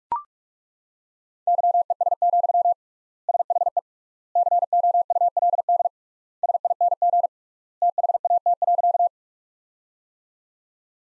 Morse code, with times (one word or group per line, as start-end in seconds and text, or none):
1.5-2.7 YES,
3.3-3.8 SHE
4.4-5.9 COULD
6.4-7.3 SING
7.8-9.1 THAT.